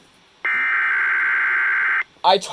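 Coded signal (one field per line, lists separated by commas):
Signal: Emergency Alert System (SAME) tones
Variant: header bursts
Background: speech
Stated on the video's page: Required weekly test tones received on an ARC FR-370 radio.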